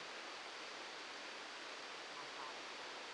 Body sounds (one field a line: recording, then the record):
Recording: brain microelectrode recording played as sound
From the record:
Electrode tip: outside the subthalamic nucleus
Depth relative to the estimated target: 1 mm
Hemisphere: left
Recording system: NeuroSet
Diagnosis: Parkinson's disease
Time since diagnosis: 7 years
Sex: male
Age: 44 years